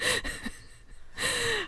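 Two rough, airy breaths about a second apart, each with a faint whistling tone and a quiet pause between them. A sleeping baby boy is snoring and breathing audibly, the kind of noisy nasal breathing heard close up.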